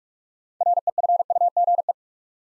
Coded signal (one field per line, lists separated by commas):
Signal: Morse code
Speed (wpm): 44 wpm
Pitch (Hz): 700 Hz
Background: none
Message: REFUGE